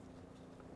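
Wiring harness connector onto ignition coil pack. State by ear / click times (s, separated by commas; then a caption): not seated / none. A wiring harness connector is being handled onto an ignition coil pack during a spark plug change on a 2019 Ram 1500 with the 5.7 HEMI. Only steady low handling noise is heard over about 0.8 seconds, with no sharp sounds. Nothing has seated or clicked yet.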